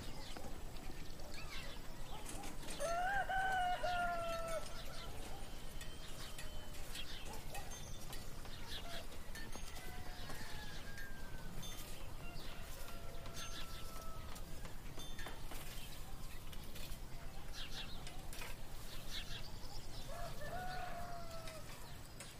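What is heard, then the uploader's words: A rooster crows clearly around the third second, with other birds calling and singing at intervals throughout. Underneath runs a steady, busy hum of town activity with scattered clicks and knocks, and a few voices drift through the mix. Peaceful fantasy town in the morning.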